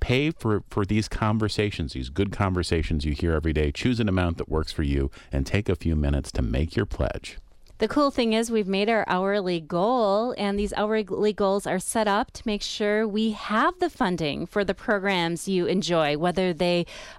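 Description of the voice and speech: Fluent, well-paced radio speech delivering a listener fundraising appeal for public radio, shared by two adult voices: a deeper one first, then a higher, clear voice after a short pause. Voicing is smooth and steady, with no hoarseness, breathiness or disfluency, consistent with normal voices.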